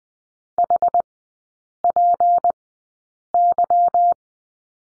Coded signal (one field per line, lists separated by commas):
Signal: Morse code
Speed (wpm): 20 wpm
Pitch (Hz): 700 Hz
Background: none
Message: HPY